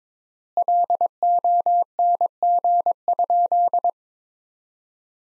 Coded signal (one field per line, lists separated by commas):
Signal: Morse code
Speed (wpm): 22 wpm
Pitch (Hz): 700 Hz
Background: none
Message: LONG?